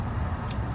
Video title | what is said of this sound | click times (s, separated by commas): How to fold our 24inch Helix rental bike | 1 2 3 hear those three clicks you got to really listen to it and that now is | 0.5 s